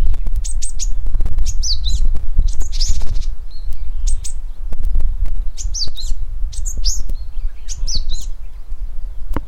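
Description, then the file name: Japanese Tit singing short, bright, high chirped phrases repeated several times, over a constant low rumble. "sijyukara"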